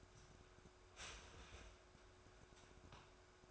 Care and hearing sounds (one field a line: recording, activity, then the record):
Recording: daily activity, microphone in the room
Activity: start toaster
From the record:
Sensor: 2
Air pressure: 1014.5 hPa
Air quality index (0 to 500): 203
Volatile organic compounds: 23 ppm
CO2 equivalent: 2783 ppm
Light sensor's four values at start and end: 3/9/3/3 and 3/9/3/3